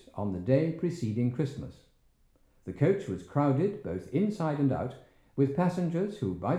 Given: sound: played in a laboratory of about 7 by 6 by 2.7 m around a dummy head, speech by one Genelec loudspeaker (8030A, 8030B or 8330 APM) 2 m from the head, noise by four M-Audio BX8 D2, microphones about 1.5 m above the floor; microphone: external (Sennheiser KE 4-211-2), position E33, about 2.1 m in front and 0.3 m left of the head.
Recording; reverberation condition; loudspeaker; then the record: male speech in English; medium; in front (0 degrees)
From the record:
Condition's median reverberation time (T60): about 510 ms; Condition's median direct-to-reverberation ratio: about -0.5 dB